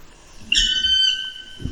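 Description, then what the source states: Black woodpecker giving one drawn-out, plaintive high whistled note of about half a second, steady in pitch with a slight dip at the end. Wailing call of the black woodpecker; described as melancholic and startling to the unfamiliar, possibly mistaken for a bird of prey or a mammal.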